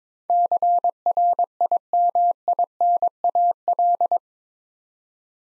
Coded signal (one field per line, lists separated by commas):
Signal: Morse code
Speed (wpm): 21 wpm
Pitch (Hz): 700 Hz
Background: none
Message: CRIMINAL